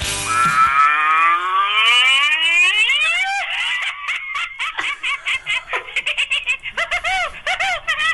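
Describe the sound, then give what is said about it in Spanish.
A loud novelty 'mad cow' ringtone: a drawn-out cow moo that slides steadily upward in pitch, then breaks into a rapid, choppy string of cackling, laugh-like bursts. “Venga, y ahora el otro. El de la vaca loca.”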